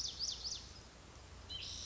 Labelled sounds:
White-breasted Nuthatch
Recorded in Sonoma County, California

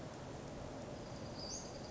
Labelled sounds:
Western Flycatcher
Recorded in Sonoma County, California

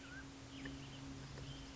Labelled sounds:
Mountain Quail
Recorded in Sonoma County, California

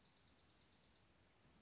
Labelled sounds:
Dark-eyed Junco
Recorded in Sonoma County, California

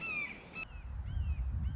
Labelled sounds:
Red-shouldered Hawk
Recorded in Sonoma County, California

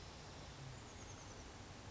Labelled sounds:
Oak Titmouse
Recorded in Sonoma County, California

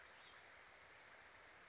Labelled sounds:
Western Flycatcher
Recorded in Sonoma County, California

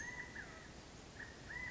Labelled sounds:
California Quail
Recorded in Sonoma County, California

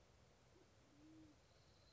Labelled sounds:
Band-tailed Pigeon
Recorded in Sonoma County, California

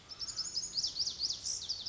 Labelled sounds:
Lazuli Bunting
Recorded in Sonoma County, California

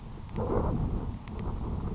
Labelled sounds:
Grasshopper Sparrow
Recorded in Sonoma County, California

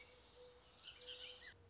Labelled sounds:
Mourning Dove
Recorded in Sonoma County, California

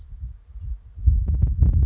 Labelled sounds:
House Finch
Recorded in Sonoma County, California

